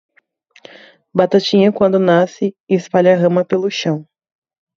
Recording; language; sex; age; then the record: short text; Brazilian Portuguese; female; 20 to 29 years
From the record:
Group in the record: control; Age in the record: 22 years